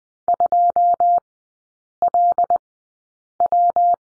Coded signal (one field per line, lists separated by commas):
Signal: Morse code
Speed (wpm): 20 wpm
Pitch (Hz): 700 Hz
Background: none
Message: 2LW